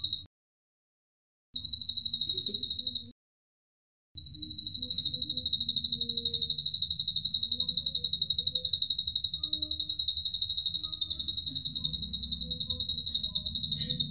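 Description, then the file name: Atlantic canary song of rapid, even trills, broken by two short silences before a long unbroken rattling trill continues to the end; faint low hum beneath. Cililin-style canary song, used as fill (isian) for training songbirds. "suara kenari isian cililin omkicau"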